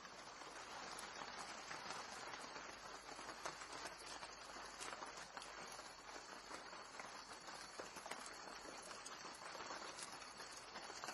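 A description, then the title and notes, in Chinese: Rain falls on broad banana leaves in a dense, steady patter, countless drops tapping close by with sharper individual hits scattered throughout. The hiss stays even for the whole stretch, bright and crisp rather than deep, with no other sounds breaking through. 芭蕉叶下的雨。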